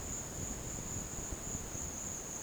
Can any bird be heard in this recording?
no